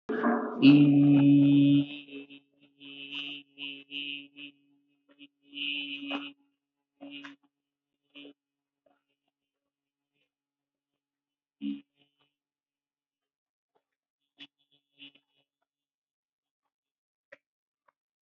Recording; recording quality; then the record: sustained vowel as in beet; excellent, no background noise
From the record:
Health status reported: healthy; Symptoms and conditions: none ticked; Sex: male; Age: 30 years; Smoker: not ticked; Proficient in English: yes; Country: India